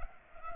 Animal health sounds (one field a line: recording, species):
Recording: mosquito wingbeat signal from an infrared sensor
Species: Culex pipiens